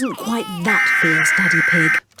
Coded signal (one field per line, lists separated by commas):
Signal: Emergency Alert System (SAME) tones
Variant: header bursts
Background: speech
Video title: Peppa Pig Crying Compilation with EAS Alarm